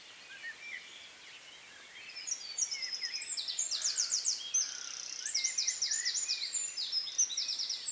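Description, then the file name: Eurasian wren singing: after two quiet seconds, a torrent of shrill, fast-rattled trills and bright piercing notes carries on to the end, over a soft hiss. "Troglodytes troglodytes"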